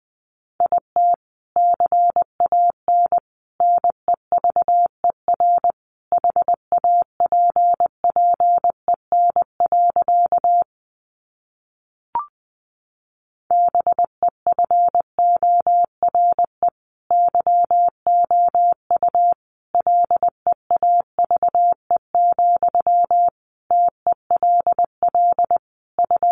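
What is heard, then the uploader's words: Morse code sent as a steady single-pitch tone, mid-high, keyed into rapid dots and dashes in clustered bursts. The keying runs almost continuously, with a near-silent pause around ten to thirteen seconds broken by a single faint click before sending resumes. First, the words are sent in Morse code.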